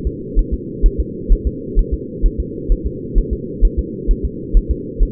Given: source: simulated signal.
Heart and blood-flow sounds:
fetal heart sounds
0.07 s: S2
0.39 s: S1
0.54 s: S2
0.86 s: S1
1.00 s: S2
1.33 s: S1
1.47 s: S2
1.79 s: S1
1.94 s: S2
2.26 s: S1
2.40 s: S2
2.72 s: S1
2.87 s: S2
3.18 s: S1
3.33 s: S2
3.65 s: S1
3.79 s: S2
4.11 s: S1
4.25 s: S2
4.57 s: S1
4.71 s: S2
5.03 s: S1
From the record:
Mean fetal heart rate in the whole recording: 130 bpm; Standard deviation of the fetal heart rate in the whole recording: 2 bpm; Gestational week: 38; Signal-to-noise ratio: -4.1 dB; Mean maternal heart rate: no maternal heart sound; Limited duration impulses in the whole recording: absent

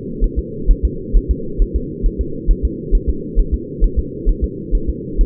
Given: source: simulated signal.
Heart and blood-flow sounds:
fetal heart sounds
0.24 s: S1
0.39 s: S2
0.71 s: S1
0.85 s: S2
1.16 s: S1
1.31 s: S2
1.62 s: S1
1.76 s: S2
2.06 s: S1
2.21 s: S2
2.51 s: S1
2.65 s: S2
2.95 s: S1
3.09 s: S2
3.39 s: S1
3.54 s: S2
3.84 s: S1
3.99 s: S2
4.29 s: S1
4.44 s: S2
4.75 s: S1
4.89 s: S2
5.21 s: S1
From the record:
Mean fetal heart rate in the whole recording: 130 bpm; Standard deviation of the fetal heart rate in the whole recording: 4 bpm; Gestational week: 38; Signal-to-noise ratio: -4.3 dB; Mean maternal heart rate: 72 bpm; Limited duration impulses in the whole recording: present

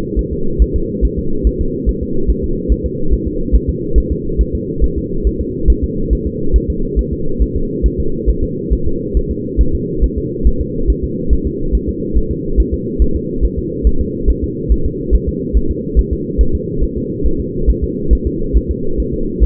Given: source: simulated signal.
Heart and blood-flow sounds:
fetal heart sounds
0.19 s: S1
0.33 s: S2
0.62 s: S1
0.76 s: S2
1.05 s: S1
1.19 s: S2
1.47 s: S1
1.61 s: S2
1.89 s: S1
2.03 s: S2
2.30 s: S1
2.44 s: S2
2.72 s: S1
2.86 s: S2
3.14 s: S1
3.28 s: S2
3.56 s: S1
3.70 s: S2
3.98 s: S1
4.12 s: S2
4.41 s: S1
4.55 s: S2
4.84 s: S1
4.98 s: S2
5.27 s: S1
5.41 s: S2
5.70 s: S1
5.84 s: S2
6.13 s: S1
6.27 s: S2
6.56 s: S1
6.70 s: S2
6.99 s: S1
7.13 s: S2
7.42 s: S1
7.56 s: S2
7.86 s: S1
8.00 s: S2
8.30 s: S1
8.44 s: S2
8.73 s: S1
8.87 s: S2
9.17 s: S1
9.31 s: S2
9.61 s: S1
9.75 s: S2
10.04 s: S1
10.18 s: S2
10.47 s: S1
10.61 s: S2
10.90 s: S1
11.04 s: S2
11.33 s: S1
11.47 s: S2
11.75 s: S1
11.89 s: S2
12.18 s: S1
12.32 s: S2
12.60 s: S1
12.74 s: S2
13.02 s: S1
13.16 s: S2
13.45 s: S1
13.59 s: S2
13.87 s: S1
14.01 s: S2
14.30 s: S1
14.44 s: S2
14.72 s: S1
14.86 s: S2
15.15 s: S1
15.29 s: S2
15.57 s: S1
15.71 s: S2
15.99 s: S1
16.13 s: S2
16.41 s: S1
16.55 s: S2
16.84 s: S1
16.98 s: S2
17.26 s: S1
17.40 s: S2
17.70 s: S1
17.84 s: S2
18.13 s: S1
18.27 s: S2
18.57 s: S1
18.71 s: S2
19.00 s: S1
19.14 s: S2
19.44 s: S1
From the record:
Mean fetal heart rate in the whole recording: 140 bpm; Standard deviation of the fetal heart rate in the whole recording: 2 bpm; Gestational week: 34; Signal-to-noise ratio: -8.1 dB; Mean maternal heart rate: 72 bpm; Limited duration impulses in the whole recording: absent

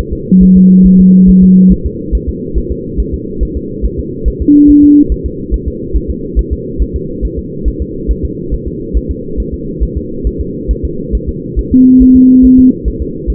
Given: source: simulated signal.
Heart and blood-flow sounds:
fetal heart sounds
0.13 s: S2
0.43 s: S1
0.57 s: S2
0.86 s: S1
1.01 s: S2
1.30 s: S1
1.44 s: S2
1.72 s: S1
1.86 s: S2
2.15 s: S1
2.29 s: S2
2.58 s: S1
2.72 s: S2
3.00 s: S1
3.14 s: S2
3.43 s: S1
3.57 s: S2
3.86 s: S1
3.99 s: S2
4.28 s: S1
4.42 s: S2
4.70 s: S1
4.84 s: S2
5.12 s: S1
5.26 s: S2
5.54 s: S1
5.68 s: S2
5.96 s: S1
6.11 s: S2
6.39 s: S1
6.53 s: S2
6.82 s: S1
6.96 s: S2
7.25 s: S1
7.39 s: S2
7.68 s: S1
7.82 s: S2
8.11 s: S1
8.25 s: S2
8.54 s: S1
8.68 s: S2
8.97 s: S1
9.11 s: S2
9.40 s: S1
9.54 s: S2
9.83 s: S1
9.97 s: S2
10.27 s: S1
10.41 s: S2
10.71 s: S1
10.85 s: S2
11.15 s: S1
11.29 s: S2
11.59 s: S1
11.73 s: S2
12.02 s: S1
12.16 s: S2
12.45 s: S1
12.59 s: S2
12.88 s: S1
13.02 s: S2
13.30 s: S1
From the record:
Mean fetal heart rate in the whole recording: 140 bpm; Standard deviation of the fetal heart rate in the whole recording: 2 bpm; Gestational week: 34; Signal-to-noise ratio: -6.6 dB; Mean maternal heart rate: 72 bpm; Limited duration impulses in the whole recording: present

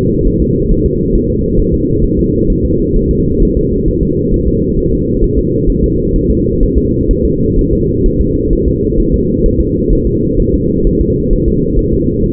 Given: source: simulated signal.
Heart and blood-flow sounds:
fetal heart sounds
0.28 s: S1
0.42 s: S2
0.72 s: S1
0.86 s: S2
1.15 s: S1
1.30 s: S2
1.59 s: S1
1.74 s: S2
2.04 s: S1
2.19 s: S2
2.50 s: S1
2.65 s: S2
2.96 s: S1
3.11 s: S2
3.43 s: S1
3.57 s: S2
3.88 s: S1
4.03 s: S2
4.34 s: S1
4.48 s: S2
4.79 s: S1
4.93 s: S2
5.24 s: S1
5.39 s: S2
5.70 s: S1
5.84 s: S2
6.16 s: S1
6.31 s: S2
6.63 s: S1
6.78 s: S2
7.11 s: S1
7.25 s: S2
7.59 s: S1
7.73 s: S2
8.06 s: S1
8.21 s: S2
8.53 s: S1
8.68 s: S2
9.00 s: S1
9.14 s: S2
9.46 s: S1
9.61 s: S2
9.93 s: S1
10.07 s: S2
10.40 s: S1
10.54 s: S2
10.87 s: S1
11.01 s: S2
11.33 s: S1
11.48 s: S2
11.79 s: S1
11.93 s: S2
12.24 s: S1
From the record:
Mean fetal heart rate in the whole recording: 130 bpm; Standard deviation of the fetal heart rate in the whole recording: 4 bpm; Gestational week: 38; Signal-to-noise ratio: -10.2 dB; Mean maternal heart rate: 72 bpm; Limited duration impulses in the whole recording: present

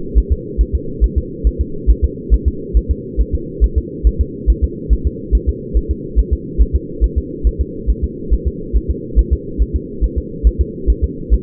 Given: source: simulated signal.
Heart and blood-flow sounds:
fetal heart sounds
0.18 s: S1
0.32 s: S2
0.61 s: S1
0.75 s: S2
1.04 s: S1
1.18 s: S2
1.47 s: S1
1.61 s: S2
1.90 s: S1
2.04 s: S2
2.34 s: S1
2.48 s: S2
2.77 s: S1
2.91 s: S2
3.20 s: S1
3.35 s: S2
3.64 s: S1
3.78 s: S2
4.07 s: S1
4.21 s: S2
4.50 s: S1
4.64 s: S2
4.93 s: S1
5.07 s: S2
5.35 s: S1
5.49 s: S2
5.77 s: S1
5.91 s: S2
6.19 s: S1
6.33 s: S2
6.62 s: S1
6.76 s: S2
7.04 s: S1
7.18 s: S2
7.47 s: S1
7.61 s: S2
7.90 s: S1
8.04 s: S2
8.33 s: S1
8.48 s: S2
8.76 s: S1
8.91 s: S2
9.19 s: S1
9.33 s: S2
9.62 s: S1
9.76 s: S2
10.04 s: S1
10.18 s: S2
10.47 s: S1
10.61 s: S2
10.90 s: S1
11.04 s: S2
11.34 s: S1
From the record:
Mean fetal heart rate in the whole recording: 140 bpm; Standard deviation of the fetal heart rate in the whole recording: 2 bpm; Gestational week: 34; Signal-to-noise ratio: -4.3 dB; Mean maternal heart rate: 72 bpm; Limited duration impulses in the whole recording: absent

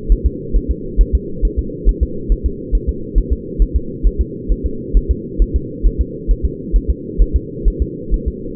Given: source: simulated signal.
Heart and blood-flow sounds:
fetal heart sounds
0.12 s: S1
0.26 s: S2
0.56 s: S1
0.71 s: S2
1.01 s: S1
1.15 s: S2
1.45 s: S1
1.59 s: S2
1.89 s: S1
2.03 s: S2
2.32 s: S1
2.46 s: S2
2.75 s: S1
2.89 s: S2
3.18 s: S1
3.33 s: S2
3.62 s: S1
3.76 s: S2
4.07 s: S1
4.21 s: S2
4.52 s: S1
4.66 s: S2
4.97 s: S1
5.11 s: S2
5.42 s: S1
5.56 s: S2
5.86 s: S1
6.01 s: S2
6.31 s: S1
6.45 s: S2
6.76 s: S1
6.90 s: S2
7.22 s: S1
7.36 s: S2
7.68 s: S1
7.82 s: S2
8.14 s: S1
8.28 s: S2
From the record:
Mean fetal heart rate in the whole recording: 135 bpm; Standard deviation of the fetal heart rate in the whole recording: 3 bpm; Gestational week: 36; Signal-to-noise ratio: -4.3 dB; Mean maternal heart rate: 72 bpm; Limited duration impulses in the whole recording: present

